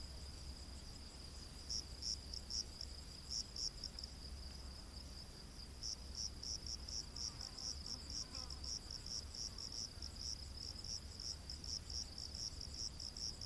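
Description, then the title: Crickets chirping, high pulsed bursts in short runs with brief gaps, over a steady low hum. Rainforest at night. "Crickets of the Rainforest"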